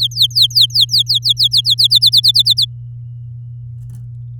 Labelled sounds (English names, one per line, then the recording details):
Domestic Canary song
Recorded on 9 May 2018 at 09:18
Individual llb16